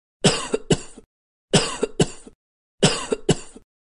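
An adult's dry cough: three evenly spaced bouts, each of two sharp, short coughs, make six coughs in about four seconds. The bursts sound harsh and clean, with no wet rattle or gurgle, fitting a dry, non-productive cough.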